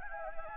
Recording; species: mosquito wingbeat signal from an infrared sensor; Anopheles gambiae